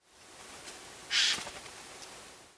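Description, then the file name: Eurasian jay giving one short, harsh rasping screech midway, otherwise only faint background hiss. "Garrulus glandarius"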